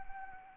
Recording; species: mosquito wingbeat signal from an infrared sensor; Anopheles arabiensis